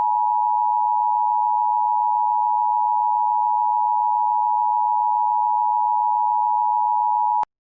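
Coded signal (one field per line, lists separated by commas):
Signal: Emergency Alert System (SAME) tones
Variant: 853 and 960 Hz attention tone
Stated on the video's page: Simulated EAS scenario, fictional.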